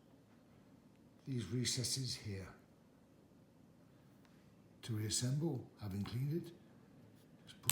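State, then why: Seated. A plastic filter part on a Bosch LogiXX easy dishwasher is pushed back down into the dishwasher sump, and its plastic retaining clips snap into place. Someone talks during the first part of the clip. A sharp click is heard at 7.7 seconds as the clips seat.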